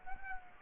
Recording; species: mosquito wingbeat signal from an infrared sensor; Culex quinquefasciatus